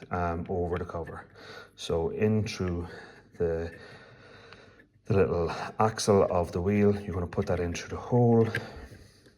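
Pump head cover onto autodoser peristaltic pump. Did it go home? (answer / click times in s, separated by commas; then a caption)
no / none. Someone talks while fitting the plastic pump head cover onto the peristaltic dosing pump of a Select 640 autodoser, guiding it over the little roller wheel axle so the axle goes in through the hole. A couple of faint handling ticks come in a quieter pause around 4.5 and 4.8 s. Nothing has clicked or seated yet.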